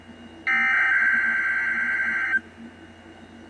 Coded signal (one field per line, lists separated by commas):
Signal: Emergency Alert System (SAME) tones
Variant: header bursts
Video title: EAS #87- #107